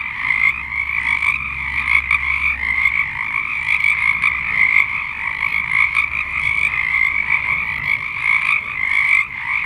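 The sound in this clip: Frog chorus, a dense continuous trilling with overlapping callers, steady throughout with faint pulsing in the calls.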